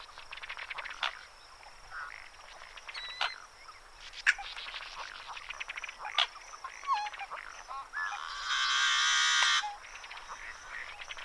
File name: Yellow-headed Blackbird